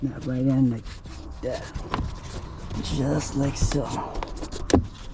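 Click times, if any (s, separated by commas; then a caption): 4.7 s. A hose or line clip is pushed into its mount near the rear strut while a BMW 5 Series rear strut is being reinstalled, and someone talks throughout. A single sharp click sounds at 4.7 seconds as the clip seats, and it is in there tight.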